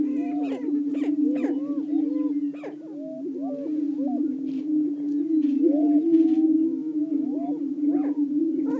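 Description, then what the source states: Greater prairie-chickens booming steadily while sharp cackles and arched whoops break in throughout, with a few harsh bursts early on. Several greater prairie-chickens calling.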